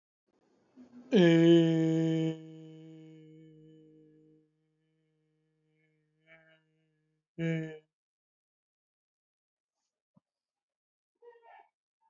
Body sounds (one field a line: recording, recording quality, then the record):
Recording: sustained vowel as in made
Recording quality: excellent, no background noise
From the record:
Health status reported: healthy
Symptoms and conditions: hypertension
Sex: male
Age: 52 years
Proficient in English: yes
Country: India